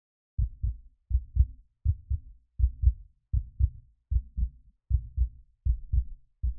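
Paired low thumps repeat steadily at about 80 beats a minute, each beat a lub followed closely by a dub, with quiet gaps between. This is the sound of a human heartbeat with first and second heart sounds and no other noise.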